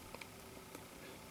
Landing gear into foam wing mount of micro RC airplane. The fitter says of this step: um you just put it in there. It just snaps right in place.